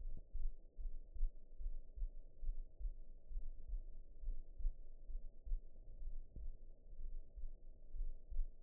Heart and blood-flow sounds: heart sounds by optical stethoscope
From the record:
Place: mitral valve (MV)

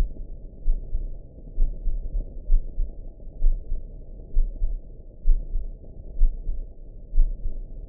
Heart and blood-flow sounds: heart sounds by optical stethoscope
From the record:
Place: aortic valve (AV)

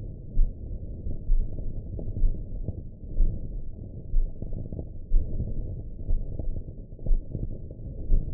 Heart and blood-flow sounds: heart sounds by optical stethoscope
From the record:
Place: aortic valve (AV)

